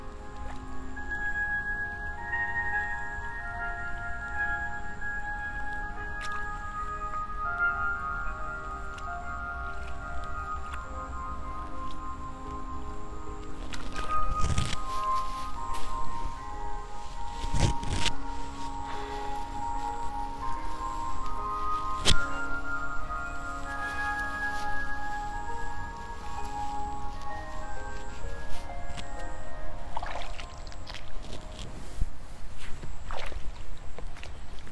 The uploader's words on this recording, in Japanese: イネ苗取り ブユのいない気持ち良い夕方。夕方、イネの苗取り。